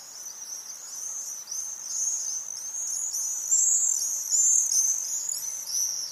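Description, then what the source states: Swifts giving shrill, buzzy screams, overlapping in a near-continuous chorus, with a few louder screeches in the middle. Several swifts.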